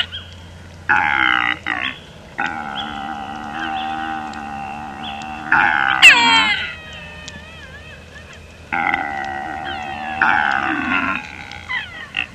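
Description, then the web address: Père David's deer uttering long rough wailing calls, several in a row, with a brief sharp squeal partway through and quieter gaps between calls. "pere davids deer"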